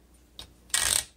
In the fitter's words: so that you hear it click before you start typing because you're not going to be able to advance properly okay